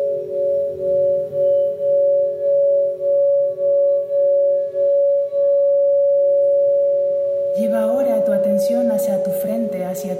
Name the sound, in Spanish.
sonoterapia con cuencos tibetanos